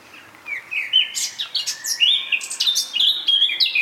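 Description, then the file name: Eurasian blackcap singing, starting with soft notes then building into a loud, fluty warble of varied whistles and sharp notes. "Sylvia atricapilla"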